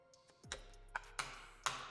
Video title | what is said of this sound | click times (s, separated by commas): TURN Offroad’s OEM Hard Top Hinge Light Mount Installation Guide | Pops right in. | 0.5 s, 1.0 s, 1.2 s, 1.7 s